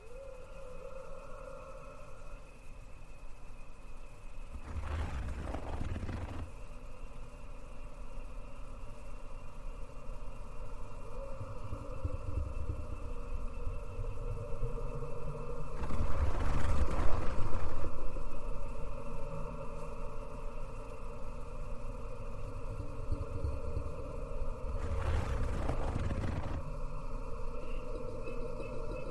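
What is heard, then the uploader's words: Thai haunted cemetery ambience with a low, steady engine-like hum and several sustained tones running throughout. Three bursts of rushing noise rise and fade around 5, 16 and 25 seconds, each lasting a couple of seconds, like passing vehicles or gusts. Thai haunted cemetery ASMR Ambience เสียงบรรยากาศหลอนๆ ในป่าช้ากลางดึก.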